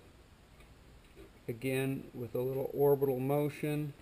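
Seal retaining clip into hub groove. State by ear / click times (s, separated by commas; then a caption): not seated / none. Someone talks while the second seal retaining clip is worked into position in the hub groove with a small orbital motion, ahead of the tool snapping it home. Only faint handling noise sits under the voice, and nothing has seated or clicked yet.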